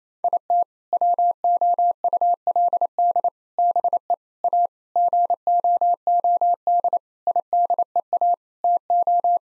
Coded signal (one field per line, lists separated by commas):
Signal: Morse code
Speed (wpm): 28 wpm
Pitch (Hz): 700 Hz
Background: none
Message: IT WOULD BE A GOOD IDEA TO